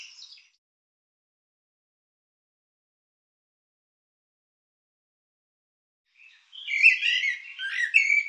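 Bird giving a brief squeak, then a long silence before a loud two-second burst of rapid, squeaky chattering notes.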